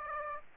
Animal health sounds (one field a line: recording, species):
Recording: mosquito wingbeat signal from an infrared sensor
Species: Aedes aegypti